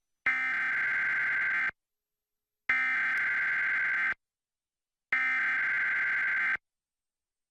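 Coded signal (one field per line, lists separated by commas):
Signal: Emergency Alert System (SAME) tones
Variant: header bursts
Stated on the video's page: Required Monthly Test SAME tones aired live on KIRO-TV, Central Puget Sound, Washington.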